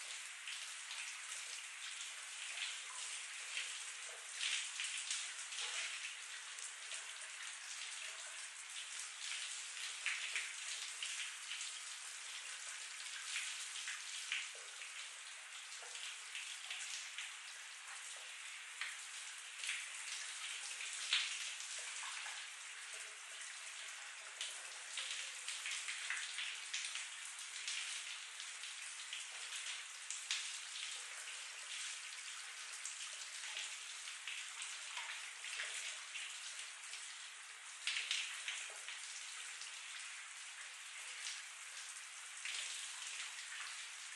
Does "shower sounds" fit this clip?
yes